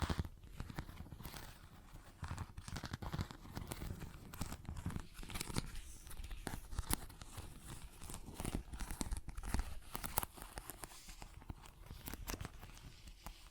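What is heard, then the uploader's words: Tapping and scratching sounds, made of dense, irregular clicks and crinkly bursts that run without pause. Sharp taps stand out every second or so over a constant rough, papery scratching, with a low thump under many of the hits. ASMR Tapping, Scratching & Zipper Sounds.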